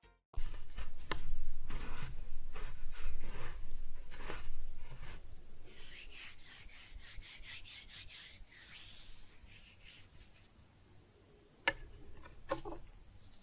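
Kinetic sand is cut and scooped in a run of soft, gritty scrapes and crunches, dense and fairly quick over the first half. Around the middle a hissy, bright sifting rises, then the sounds thin out and quieten, with a few sharp clicks near the end.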